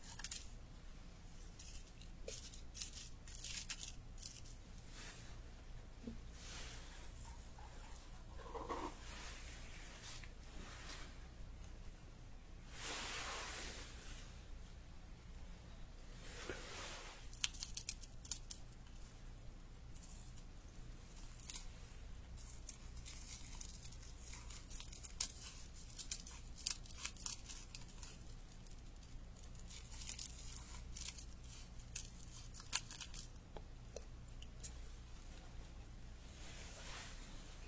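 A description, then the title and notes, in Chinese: Traditional Chinese medicine being prepared and pounded as a trigger sound: dense crisp taps and rustles throughout, with soft swishing bursts around 13 and 17 seconds. 中医配药、捣药触发音。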